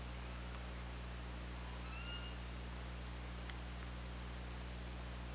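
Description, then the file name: Killer whale call: a faint, brief tonal call with a fainter lower harmonic about two seconds in, under constant hiss and a steady low electrical hum. OrcaLab hydrophone, 24 August 2017 at 21:46. "Orca Lab UTLN JASON 20170824 214657"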